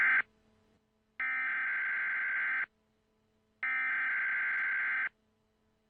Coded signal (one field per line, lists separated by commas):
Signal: Emergency Alert System (SAME) tones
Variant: header bursts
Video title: EAS Scenario - Red Death